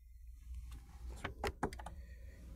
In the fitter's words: you should be able to hear it snap into place okay